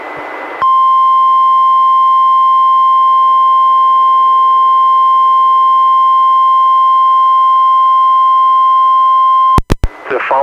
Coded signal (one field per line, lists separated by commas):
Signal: Emergency Alert System (SAME) tones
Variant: 1050 Hz attention tone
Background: speech